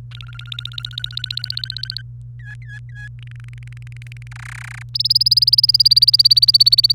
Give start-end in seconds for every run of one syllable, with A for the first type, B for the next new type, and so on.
0.11-2.02 A, 2.40-3.08 B, 3.19-4.27 C, 4.31-4.83 D, 4.94-6.92 E